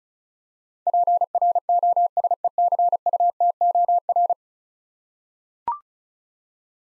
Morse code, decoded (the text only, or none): PROSECUTOR